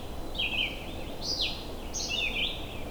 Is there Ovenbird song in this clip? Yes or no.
no